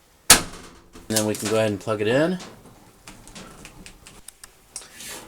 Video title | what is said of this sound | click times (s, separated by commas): HOW TO FIX A NOISY DRYER - DIY (Replacing the Idler Pulley and Roller Wheels) - Kenmore Elite Oasis | there and then it'll just snap into place on both ends and | 0.3 s